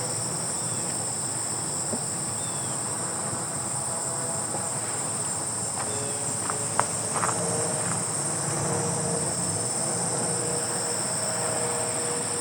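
Grasshoppers keep up a steady, high shimmering buzz from start to finish, thin and unbroken. Beneath it runs a soft low rustle, with a few scattered crunchy clicks of steps on gravel between about six and eight seconds, one sharper than the rest.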